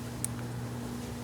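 A small metal battery cover is pressed into place inside a Casio A158 digital watch case back assembly and clips into the watch module with a sharp, bright click at 0.2 seconds. A softer tick follows at 0.4 seconds over a steady low hum, and the cover is seated.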